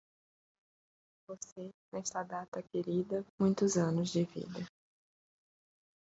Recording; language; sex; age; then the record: short text; Brazilian Portuguese; female; 40 to 49 years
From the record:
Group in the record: control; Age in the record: 45 years